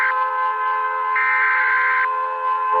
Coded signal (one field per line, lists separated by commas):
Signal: Emergency Alert System (SAME) tones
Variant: header bursts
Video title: Eas alarm animated s2: all together!